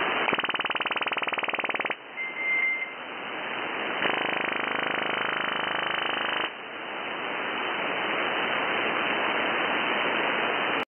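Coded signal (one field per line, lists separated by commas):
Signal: radar signal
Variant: FMCW chirp sounder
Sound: rapid rhythmic swooshing pulses, a short steady tone, then changing harsh hiss textures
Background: radio static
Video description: These are probably propagation sounders or backscatter radar systems. The mode for all of these is FMCW (Frequency Modulated Continuous Wave ), in which a full-duty carrier is swept across a well-defined frequency range.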